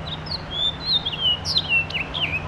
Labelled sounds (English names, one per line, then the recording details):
House Finch song
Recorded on Long Island, New York, on 7 June 2011
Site MV
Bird A